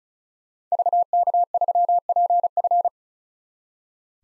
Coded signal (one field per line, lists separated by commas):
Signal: Morse code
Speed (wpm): 36 wpm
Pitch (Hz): 700 Hz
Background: none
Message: VK3PF